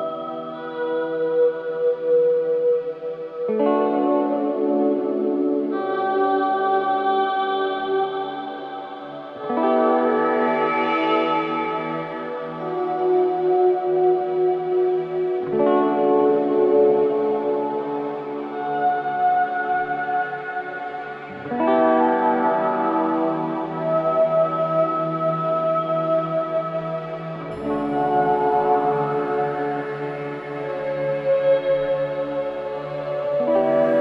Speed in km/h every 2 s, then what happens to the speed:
56, 55, 52, 47, 50, 51, 48, 45, 43, 47, 48, 47, 46, 45, 44, 43, 42.
3-5 brakes to 47. 5-10 steady at about 50. 10-15 slows to 43. 15-34 steady at about 45.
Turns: none.